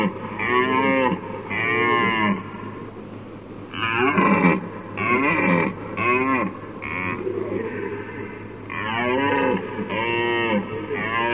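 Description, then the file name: Red deer roaring, a series of loud, harmonic, arching bellows in separate bouts with short pauses between them, over a steady low hum. "jelen"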